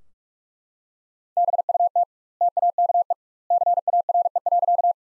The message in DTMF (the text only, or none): none